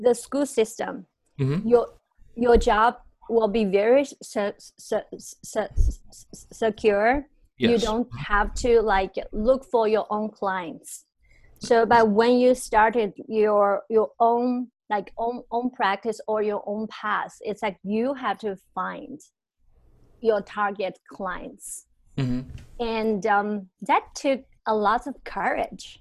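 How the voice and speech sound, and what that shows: An adult woman who stutters speaks conversationally, with a prolonged, repeated 's' sound before 'secure', repeated 'your' and 'own', and frequent pauses and fillers. These repetitions and prolongations are typical of stuttering, a fluency disorder that interrupts the smooth flow of speech.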